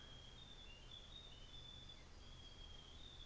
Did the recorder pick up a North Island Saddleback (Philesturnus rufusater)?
no